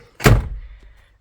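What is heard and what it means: A plastic cabin filter access door behind the glove box of a 2010–2013 Acura MDX is pushed up into the dash housing and snaps back into place. A single thunk is heard at 0.3 s, then it fades away quickly. The door is seated.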